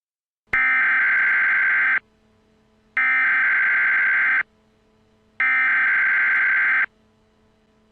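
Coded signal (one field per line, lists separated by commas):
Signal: Emergency Alert System (SAME) tones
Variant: header bursts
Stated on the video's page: Fictional EAS scenario about a hack.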